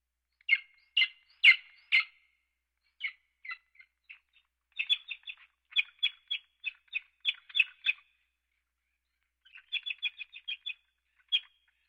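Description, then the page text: Steller's jay calling in short, scratchy chirps, first scattered, then fast runs of clipped notes, with a brief gap before a final burst. "Stellers Jay Sound Effect. Quick Sounds"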